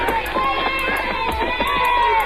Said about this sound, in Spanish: Los gritos de la chiquillería